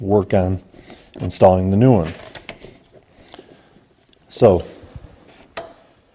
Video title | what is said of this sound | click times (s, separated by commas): VVT Control Solenoid Replacement: Trailblazer 4.2L | it popped into place there, and now I'm going to go about | 5.6 s